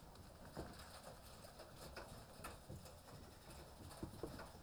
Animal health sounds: poultry house recording; healthy chickens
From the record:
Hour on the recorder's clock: 18

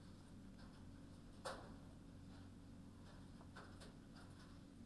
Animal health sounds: poultry house recording; no chicken sound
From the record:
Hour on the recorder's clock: 22

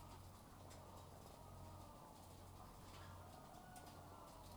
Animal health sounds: poultry house recording; sick chickens (respiratory disease)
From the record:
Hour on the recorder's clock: 12

